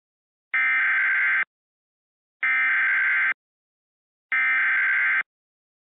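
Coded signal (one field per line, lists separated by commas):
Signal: Emergency Alert System (SAME) tones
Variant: header bursts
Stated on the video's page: Recreation of a gas-leak EAS alert using valid EAS tones; the second alert came from the Central Alert Repository.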